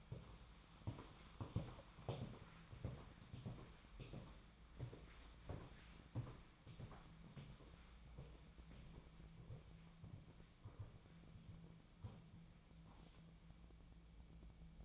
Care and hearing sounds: daily activity, microphone in the room; walk to room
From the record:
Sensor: 1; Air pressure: 1010.2 hPa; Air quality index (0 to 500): 180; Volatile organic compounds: 15 ppm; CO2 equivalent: 2481 ppm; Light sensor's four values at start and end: 38/99/40/50 and 39/100/42/52

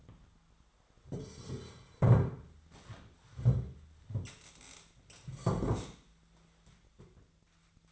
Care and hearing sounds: daily activity, microphone in the room; sit down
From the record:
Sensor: 3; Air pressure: 1008.1 hPa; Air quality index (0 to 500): 193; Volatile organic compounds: 14 ppm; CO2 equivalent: 2474 ppm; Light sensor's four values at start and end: 11/25/11/11 and 13/32/13/14

